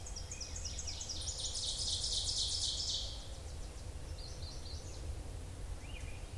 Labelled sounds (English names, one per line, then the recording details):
Ovenbird song
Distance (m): 35 m
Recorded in boreal forest in Alberta, Canada, on 26 May 2016 at 07:52
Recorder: SongMeter 3, array SBT-3-15
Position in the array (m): 52 m, 221 m
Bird 20